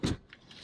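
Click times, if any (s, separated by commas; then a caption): 0.3 s. The rear seat cushion of a 2020 Honda Ridgeline is flipped up by pulling a lever on its side, folding it up to open the floor space behind. A loud, low thump comes first, followed by a sharp click at 0.3 s and then a faint, airy rustle. The cushion locks into its raised, folded-up position.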